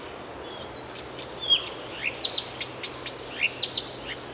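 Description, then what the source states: Several birds chirping and twittering at once, with short sharp notes and brief whistled slides over a constant low background hum. Birds singing in a forest.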